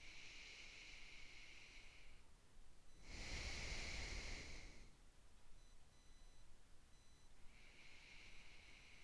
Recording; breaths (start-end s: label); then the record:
nose breathing near a microphone
0.00-2.32 s: inhalation
3.04-5.22 s: exhalation
7.36-9.04 s: inhalation
From the record:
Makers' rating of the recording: medium